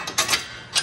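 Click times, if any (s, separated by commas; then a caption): 0.2 s. A metal front frame stiffener for a 2021 RZR Trail Ultimate is held in line with a knee and pushed into its mount on the UTV front frame. A sharp metallic pop at 0.2 s is followed by fainter knocks around 0.3 s and 0.8 s. The stiffener pops into place and is seated.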